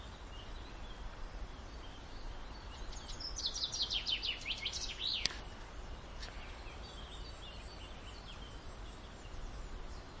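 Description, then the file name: Common chaffinch song: a single bright descending trill of rapid high notes ending in a sharp flourish, over steady background hiss. "Fringilla coelebs"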